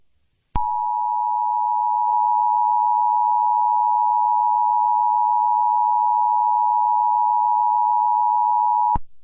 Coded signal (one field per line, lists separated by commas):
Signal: Emergency Alert System (SAME) tones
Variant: 853 and 960 Hz attention tone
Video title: EAS Scenario #11: Rainbow Rangers Attacks New Jersey II (REMASTERED)